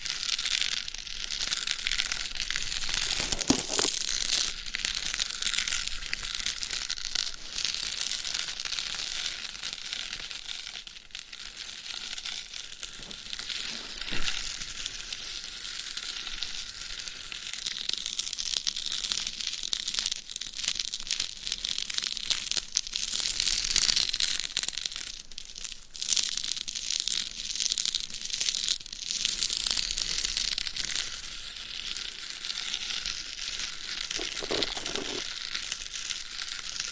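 Gloved fingers and nails scratch and tap on a binaural mic, a dense, bright crinkly rustle running steadily with brief sharper taps throughout.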